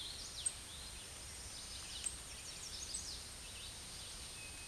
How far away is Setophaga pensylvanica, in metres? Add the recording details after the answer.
about 45 m. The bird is about 15 m above the microphone. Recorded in a Pennsylvania forest on 16 May 2024 at 07:53. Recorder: AudioMoth, point MSD-0665. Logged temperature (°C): 16.1 °C. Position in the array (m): 114 m, 99 m